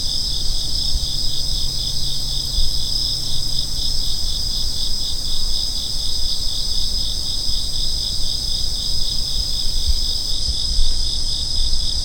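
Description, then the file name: Cricket giving a steady high pulsing trill that continues without pause over a low rumbling hum. "Kourogi"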